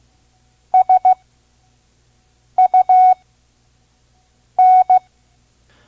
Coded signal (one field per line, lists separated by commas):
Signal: Morse code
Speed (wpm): 16 wpm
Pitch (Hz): 740 Hz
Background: none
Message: SUN